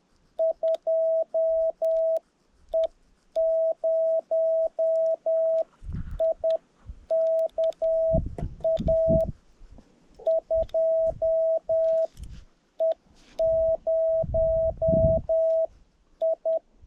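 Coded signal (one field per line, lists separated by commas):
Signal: Morse code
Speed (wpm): 10 wpm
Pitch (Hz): 650 Hz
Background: none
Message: 2E0IKA 2E0I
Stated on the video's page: CW park activation on HF after a 15 km hike, 10W into an EFHW, UK to Belarus contact; tired operator making small keying mistakes.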